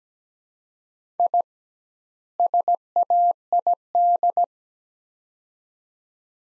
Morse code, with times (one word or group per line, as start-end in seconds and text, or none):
1.2-1.4 I
2.4-4.4 SAID